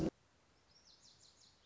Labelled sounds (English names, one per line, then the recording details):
Lazuli Bunting
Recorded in Sonoma County, California